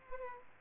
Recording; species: mosquito wingbeat signal from an infrared sensor; Culex pipiens